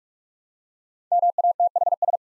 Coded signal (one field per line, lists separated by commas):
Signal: Morse code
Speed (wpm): 44 wpm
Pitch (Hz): 700 Hz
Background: none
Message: MATHS